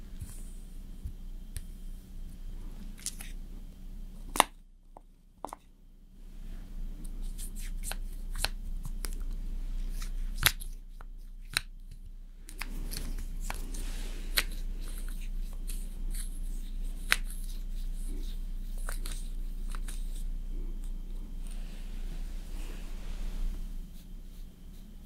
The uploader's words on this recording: ASMR Slowly Doing Your Makeup with Personal Attention (No Talking).